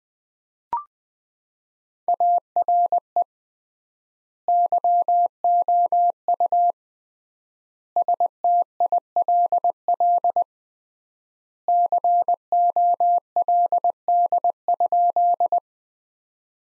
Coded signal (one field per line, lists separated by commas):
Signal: Morse code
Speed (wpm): 20 wpm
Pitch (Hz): 700 Hz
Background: none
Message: ARE YOU STILL COLD?